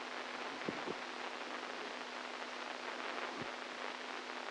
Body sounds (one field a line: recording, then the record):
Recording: brain microelectrode recording played as sound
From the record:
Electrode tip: inside the subthalamic nucleus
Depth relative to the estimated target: -4 mm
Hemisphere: right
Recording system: NeuroSet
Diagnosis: Parkinson's disease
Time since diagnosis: 10 years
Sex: male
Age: 65 years